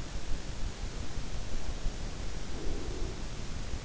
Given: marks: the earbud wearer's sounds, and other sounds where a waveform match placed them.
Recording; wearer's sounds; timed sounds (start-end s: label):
sounds in sleep by an in-ear microphone; breath
1.89-3.76 s: breath